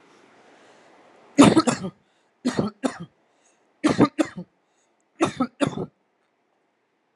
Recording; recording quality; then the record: heavy voluntary cough; excellent, no background noise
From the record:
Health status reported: healthy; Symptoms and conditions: diabetes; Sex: male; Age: 32 years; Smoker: not ticked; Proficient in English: yes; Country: India